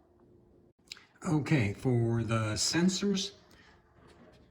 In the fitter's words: and it'll snap right into place no problem